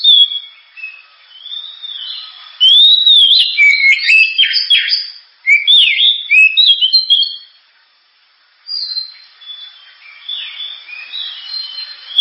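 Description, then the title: Oriental magpie-robin song with long stretches of loud, fast, varied whistles and chirps, separated by a short pause and softer phrases. Sharp, very loud 'gacor' (constantly singing) kacer song, suited as 'pancingan', a lure to prompt other birds to sing. "Kacer Gacor Suara Tajam. Kacer Gacor Suara Super Kenceng Cocok untuk Pancingan"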